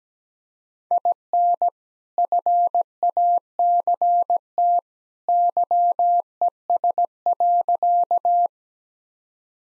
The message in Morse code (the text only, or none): IN FACT YES.